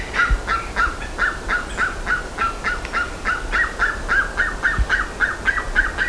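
Bird giving rapid repeated short notes, several per second, in an unbroken run with a couple of faint low thumps in the background.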